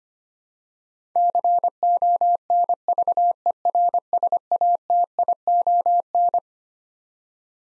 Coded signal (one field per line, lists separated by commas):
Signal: Morse code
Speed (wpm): 25 wpm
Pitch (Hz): 700 Hz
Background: none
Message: CONVERSATION